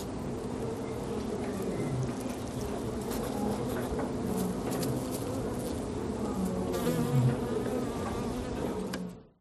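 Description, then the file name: Bee buzzing, a steady low hum for about nine seconds before fading out. "smartsound ATMO NATURE Bee"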